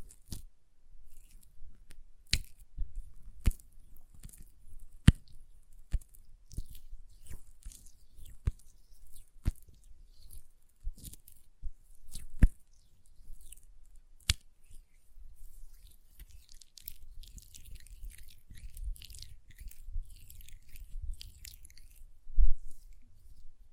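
Hand sounds with sharp nail taps, clicking in a loose, irregular rhythm through the first fifteen seconds, roughly one or two per second. Later the taps thin out and give way to soft, wet squishing and rubbing like lotion on skin, with a low rumble underneath.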